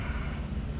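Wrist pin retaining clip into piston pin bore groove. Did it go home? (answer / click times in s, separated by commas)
no / none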